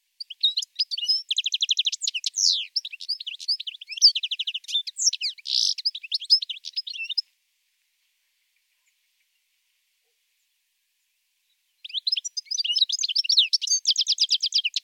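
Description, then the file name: European goldfinch delivering a long, varied phrase of tinkling twitters, trills and buzzy notes, then a pause and another fast twittering burst. "chardonneret"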